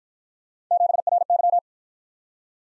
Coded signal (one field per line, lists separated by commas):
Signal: Morse code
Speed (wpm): 49 wpm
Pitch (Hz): 700 Hz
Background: none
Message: 7RY